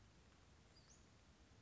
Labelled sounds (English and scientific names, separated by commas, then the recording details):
Western Flycatcher (Empidonax difficilis)
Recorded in Sonoma County, California